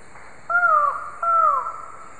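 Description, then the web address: Buckley's forest falcon calling twice, each a drawn-out cry that slides downward at the end. Calls, recorded in the eastern lowlands of South America. "Natures Songs S America Eastern Lowlands Micrastur buckleyi, calls"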